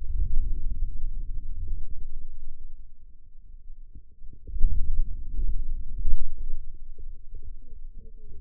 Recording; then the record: forearm muscle sounds (acoustic myography)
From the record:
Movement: wrist extension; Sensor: system 2, bracelet of six BSWA MPA416 microphones around the upper forearm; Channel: 6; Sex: female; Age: 21 years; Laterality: right